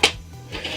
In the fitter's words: Now, if memory serves, these two should lock into place like that.